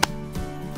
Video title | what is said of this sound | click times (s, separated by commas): Einführen eines neuen AutoSoft™ 90 Infusionssets // t:slim X2™ Insulinpumpe | and push the connector needle straight in until you hear a click | 0.0 s